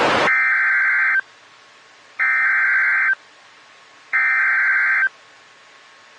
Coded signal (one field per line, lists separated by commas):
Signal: Emergency Alert System (SAME) tones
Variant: header bursts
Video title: Xtreme Mayhem 6...EAS Alerts From March 18, 2021 (EAS #888-904)